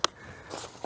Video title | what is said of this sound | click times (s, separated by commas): Kingcamp Ultralight Camp Cot | You can kind of hear the snap. | 0.0 s